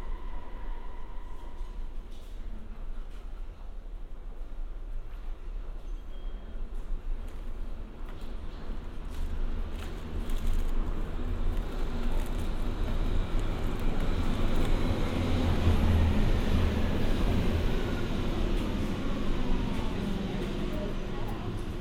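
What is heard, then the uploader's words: A subway station in the evening, with a low rumble that swells as a train approaches, loudest around the middle and late seconds before easing slightly. Early on, a brief tone and faint voices sit above the steady murmur; later a high squeal of wheels sweeps downward. U-Bhf Blissestrasse. Abends in einem Berliner U-Bahnhof. Der Alltag ertrinkt durch das Rauschen der Zuege und kehrt dann zurueck. Evening in a Berliner subway station. Everyday sounds are drowned by the rumble of trains and then returns.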